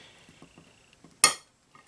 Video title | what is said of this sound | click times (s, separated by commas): Melling M155 oil pump installation in a Chevy V8 5.7 L | did you hear that click | 1.2 s